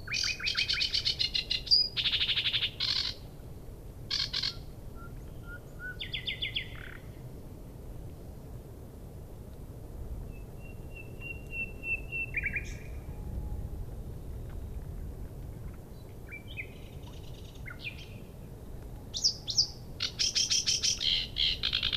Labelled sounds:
Common Nightingale (Luscinia megarhynchos) song
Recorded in the wild
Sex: male
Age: adult
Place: Schwedt/Oder, Nationalpark Unteres Odertal, Brandenburg, DE
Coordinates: 53.1126, 14.3726
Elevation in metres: 1
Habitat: bush
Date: 2015-04-23 03:41
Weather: clear, 3°C, almost windless
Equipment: Sound Devices 702, Sennheiser MKH 70, Rycote Windschutz
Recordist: Frommolt, Karl-Heinz

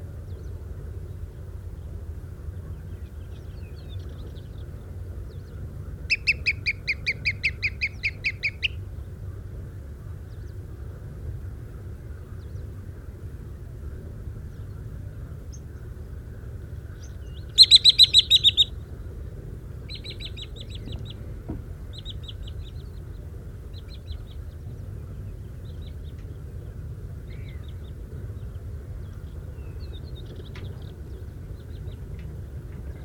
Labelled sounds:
Green Sandpiper (Tringa ochropus) call
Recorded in the wild
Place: Murighiol, Saratura Murighiol, Dobrogea, RO
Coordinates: 45.032, 29.15
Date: 1973-05-09
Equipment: Nagra III BH, Sennheiser MD 21, parabola
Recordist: Schubert, Michael

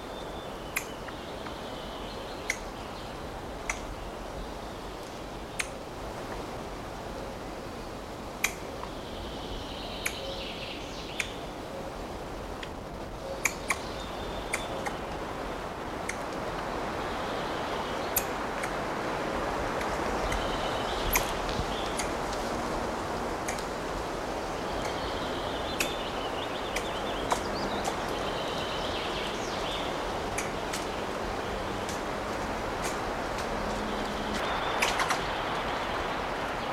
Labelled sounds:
Eurasian Red Squirrel (Sciurus vulgaris) call
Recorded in the wild
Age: adult
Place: Dobbertin, Mecklenburg-Vorpommern, DE
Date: 1981-06-13 19:01
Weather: overcast, 12°C, windy
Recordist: Tembrock, Günter

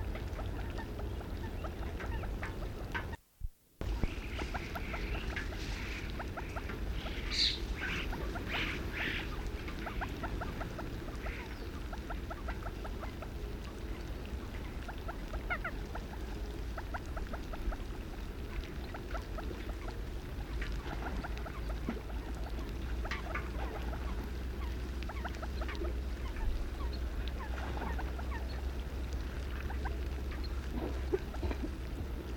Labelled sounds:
Common Moorhen (Gallinula chloropus) call
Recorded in the wild
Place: Retgendorf, Mecklenburg-Vorpommern, DE
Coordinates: 53.729, 11.504
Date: 1972-06-21
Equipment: Nagra III BH, Sennheiser MD 21, parabola
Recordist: Schubert, Michael

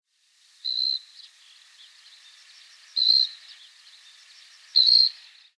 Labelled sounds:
Great Grey Shrike (Lanius excubitor)
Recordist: Tembrock, Günter
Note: Rufe

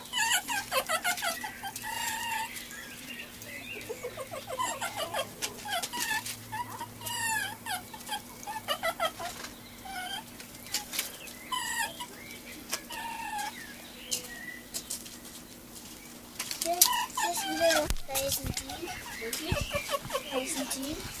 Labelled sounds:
Sand Fox (Vulpes rueppellii)
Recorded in captivity
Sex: diverse
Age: diverse
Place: Zoo Halle, Sachsen-Anhalt, DE
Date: 1983-04-09 17:41
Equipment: Nagra SN, Kopie Uher 4000 Report Monitor
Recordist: Tembrock, Günter

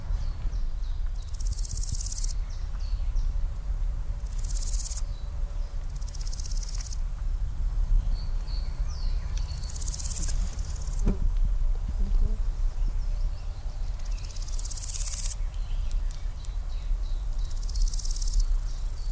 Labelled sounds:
Large Gold Grasshopper (Chrysochraon dispar) stridulation
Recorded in the wild
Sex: male
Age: adult
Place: Mühlenbecker Land, OT Buchhorst, Naturpark Barnim, Brandenburg, DE
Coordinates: 52.6733, 13.3925
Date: 1991-07-06 11:25
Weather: sunny, 27°C
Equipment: Marantz, Sennheiser ME 80, Kopie Tesla B 116
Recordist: Tembrock, Günter

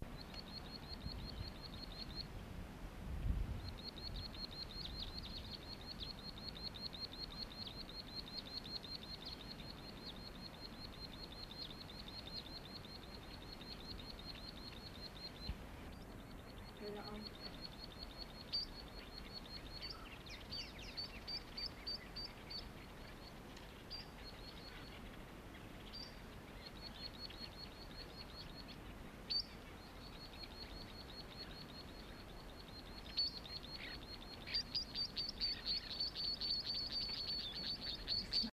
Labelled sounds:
Three-banded Plover (Charadrius tricollaris) call
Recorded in captivity
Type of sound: call
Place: Hardap-Damm
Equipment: Halbspur, 9,5 cm/s
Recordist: Lütgens, Hans
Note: Rufe

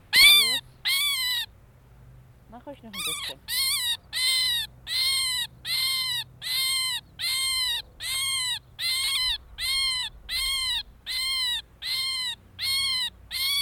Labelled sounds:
Pied Avocet (Recurvirostra avosetta) call
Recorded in the wild
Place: Landow, Insel Rügen, Mecklenburg-Vorpommern, DE
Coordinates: 54.404, 13.263
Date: 1969-06-29
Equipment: Nagra III BH, Sennheiser MD 421
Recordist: Schubert, Michael
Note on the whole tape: Wiesen vor Landow: Star, distress call (Fängling, diesj.)

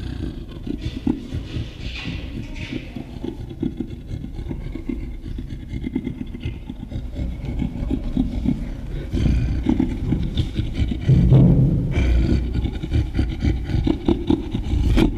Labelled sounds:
Western Gorilla (Gorilla gorilla)
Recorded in captivity
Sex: female
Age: adult
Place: Zoo Rostock, Mecklenburg-Vorpommern, DE
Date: 1975-12-05 10:20
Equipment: Uher CR 210, Sennheiser MD 421, Verstärker, Kopie Unitra ZK 246
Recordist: Tembrock, Günter
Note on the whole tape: Adultes Weibchen Kontakt mit vertrauter Person (Fr. Dr. Linke) am Gitter, rhythmisches Bauchklatschen, "Lachen" durch Kitzeln

